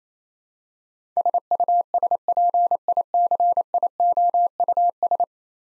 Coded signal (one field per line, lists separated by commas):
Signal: Morse code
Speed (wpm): 28 wpm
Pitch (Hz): 700 Hz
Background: none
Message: SUSPICIOUS